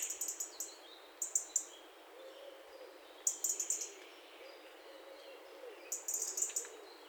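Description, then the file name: European robin giving clusters of sharp, very high ticking notes in short bursts at irregular intervals. "Erithacus rubecula"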